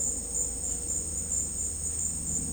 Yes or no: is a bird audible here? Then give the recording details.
no. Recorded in dense forest near Puerto Asís, Putumayo, Colombia, on 26 December 2024 at 11:00. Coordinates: 0.485, -76.318. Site GP03